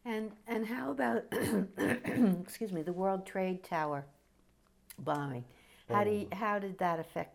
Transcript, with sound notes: And — and how about — [clears throat] excuse me — the World Trade Tower bombing?
Oh —
How do y — how did that affect you?